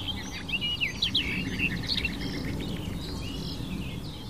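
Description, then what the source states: Barred warbler song: fast, chattering phrases of high warbled notes and short trills, busiest early on, over a steady low rumble of background noise. Wild bird singing a babbling, melodious, chattering yet full song while perched in the open and visible; nests deep in cover and breeds close to red-backed shrikes, relying on their alarm calls.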